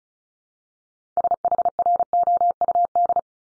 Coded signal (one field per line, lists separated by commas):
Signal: Morse code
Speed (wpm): 36 wpm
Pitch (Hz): 700 Hz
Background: none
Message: SHROUD